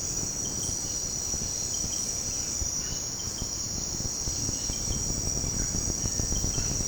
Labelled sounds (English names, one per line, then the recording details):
none
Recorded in secondary vegetation near Puerto Asís, Putumayo, Colombia, on 18 February 2024 at 07:00
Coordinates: 0.489, -76.322
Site G6419